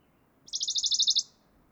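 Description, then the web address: Western Bonelli's warbler giving a quick trilled song, many high notes run together in under a second, over soft low background noise. "chant fernand deroussen pouillot de bonelli"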